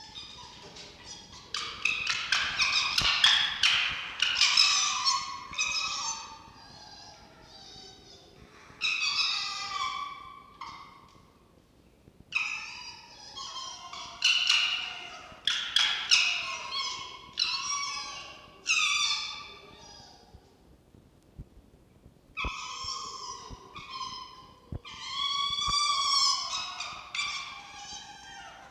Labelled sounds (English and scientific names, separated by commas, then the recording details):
Red Fox (Vulpes vulpes)
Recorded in captivity
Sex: group
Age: diverse
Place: Zoologisches Institut der HUB, Berlin, DE
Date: 1952-11-24 18:00
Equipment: Elmetra
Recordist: Tembrock, Günter